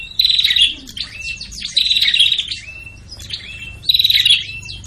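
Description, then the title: Prinia calls: rapid, buzzy chattering bursts laced with sharp high chirps, three loud bursts separated by quieter chirps. Noisy (ribut) prenjak calls used as a lure to attract prenjak; prenjak kepala merah and prenjak tamu named. "Suara Prenjak Ribut Buat Pikat Burung Prenjak Kepala Merah Prenjak Tamu"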